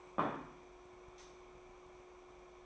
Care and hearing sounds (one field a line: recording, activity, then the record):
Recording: daily activity, microphone in the room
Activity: place plate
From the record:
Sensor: 1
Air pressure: 1004.4 hPa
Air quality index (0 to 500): 197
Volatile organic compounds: 17 ppm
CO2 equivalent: 2601 ppm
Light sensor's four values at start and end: 4/9/3/3 and 4/9/3/3